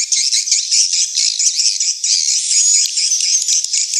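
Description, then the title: Swiftlets calling in a busy high-pitched chorus of squeaky chirps and buzzy trills that pulse unevenly in loudness. Swiftlet house lure sound from Tien Giang, Vietnam, AKAU brand track used to attract swiftlets to a bird house. "Am thanh nha yen Akau Vietnam - Tien giang"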